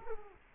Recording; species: mosquito wingbeat signal from an infrared sensor; Culex quinquefasciatus